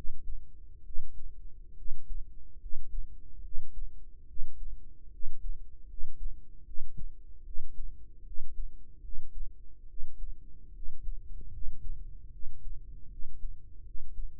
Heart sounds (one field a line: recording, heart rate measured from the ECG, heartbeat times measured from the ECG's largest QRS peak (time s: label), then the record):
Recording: heart sounds by microphone in the right ear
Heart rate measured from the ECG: 74 bpm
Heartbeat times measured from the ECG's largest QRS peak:
0.83 s: heartbeat
1.75 s: heartbeat
2.58 s: heartbeat
3.41 s: heartbeat
4.26 s: heartbeat
5.10 s: heartbeat
5.86 s: heartbeat
6.64 s: heartbeat
7.43 s: heartbeat
8.23 s: heartbeat
9.01 s: heartbeat
9.86 s: heartbeat
10.72 s: heartbeat
11.50 s: heartbeat
12.30 s: heartbeat
13.08 s: heartbeat
13.83 s: heartbeat
From the record:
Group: healthy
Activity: rest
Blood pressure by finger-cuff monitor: 117/85 mmHg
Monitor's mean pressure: 93 mmHg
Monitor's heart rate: 76 bpm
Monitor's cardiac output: 5.4 L/min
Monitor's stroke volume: 72 mL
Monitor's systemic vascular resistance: 1260 dyn s/cm5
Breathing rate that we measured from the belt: 21 breaths a minute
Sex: male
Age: 21 years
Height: 170 cm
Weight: 71 kg